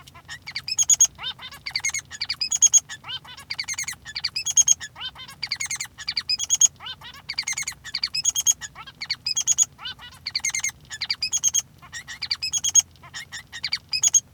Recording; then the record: song of a male Bengalese finch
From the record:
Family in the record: son of father 3